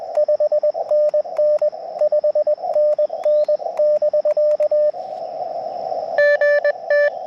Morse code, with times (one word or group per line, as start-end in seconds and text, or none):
0.2-1.7 5NN
2.0-4.9 5NN<BK>
6.2-7.1 GT